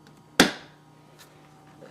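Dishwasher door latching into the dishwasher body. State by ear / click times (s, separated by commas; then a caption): seated / 0.4 s. A Danby DDW1801MWP portable dishwasher door is pushed shut until its latch catches against the dishwasher body, giving a single loud, sharp click at 0.4 s that rings out briefly before fading. The door is then securely closed and latched.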